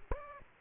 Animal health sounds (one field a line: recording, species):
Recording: mosquito wingbeat signal from an infrared sensor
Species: Aedes aegypti